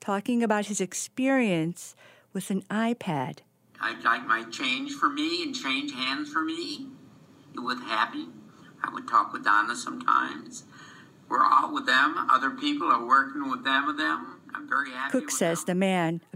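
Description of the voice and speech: Adult man with aphasia speaking fluently, framed by a female narrator at start and end. Fluent aphasia: he produces many words per sentence, but the words are often not meaningfully connected. He is unaware of his condition.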